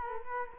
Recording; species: mosquito wingbeat signal from an infrared sensor; Culex quinquefasciatus